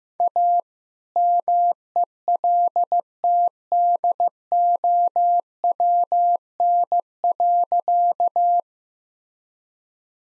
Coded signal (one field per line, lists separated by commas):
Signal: Morse code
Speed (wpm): 15 wpm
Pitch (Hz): 700 Hz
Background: none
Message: A MELTDOWN.